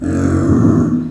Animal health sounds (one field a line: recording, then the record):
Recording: squeal of a Yucatan mini pig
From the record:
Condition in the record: after surgery on the right vocal fold (resection and tissue-engineered implant)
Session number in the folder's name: 7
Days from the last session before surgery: 47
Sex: female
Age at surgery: 19 weeks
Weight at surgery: 25 kg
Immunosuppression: prednisolone